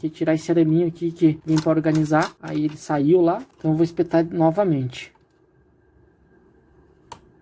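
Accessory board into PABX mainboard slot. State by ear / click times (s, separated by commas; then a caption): seated / 7.1 s. Someone talks for about five seconds while removing a wire tie and pushing an accessory circuit board back onto its connector in the mainboard slot of an Intelbras Modulare PABX. After a short quiet pause, a single sharp snap sounds at 7.1 s as the board clicks into place and is seated.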